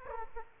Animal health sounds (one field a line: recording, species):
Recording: mosquito wingbeat signal from an infrared sensor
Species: Aedes aegypti